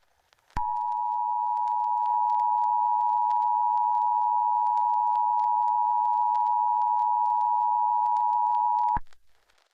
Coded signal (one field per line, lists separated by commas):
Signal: Emergency Alert System (SAME) tones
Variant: 853 and 960 Hz attention tone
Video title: Extraterrestrial (Alien Invasion EAS Scenario)